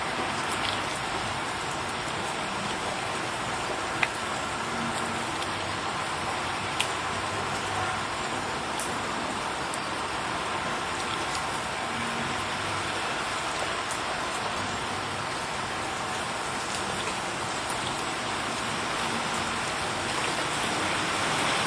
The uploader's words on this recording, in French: Pluie apaisante en Mayenne. Un son réel de pluie en Mayenne dans un petit village.